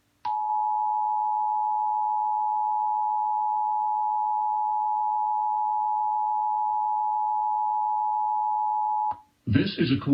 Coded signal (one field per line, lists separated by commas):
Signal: Emergency Alert System (SAME) tones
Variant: 853 and 960 Hz attention tone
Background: speech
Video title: 1/9/2020 EAS Required Monthly Test (State of AL) (PBS Kids / APT)